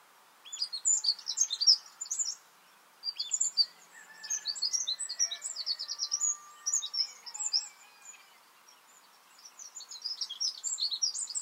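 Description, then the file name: Eurasian wren song in several sharp, rapid trilling phrases separated by brief pauses, with soft lower whistles underneath. "Troglodytes troglodytes"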